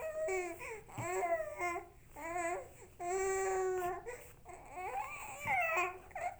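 An infant cries in about six bursts over six seconds, each a high, tuneful wail with rising and falling pitch, separated by brief gasping pauses. This is a plain infant cry.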